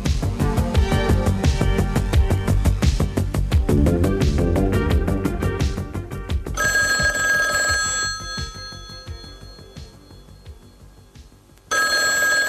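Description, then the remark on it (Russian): A telephone bell rings with rapid, rattling strikes, then settles into a steady, bright metallic ring that gradually fades before a loud burst of ringing starts again. No one speaks. “Алло, у телефона Сидни Бартлиби.”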